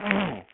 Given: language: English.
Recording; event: throat vibration sensor signal played as sound; throat clearing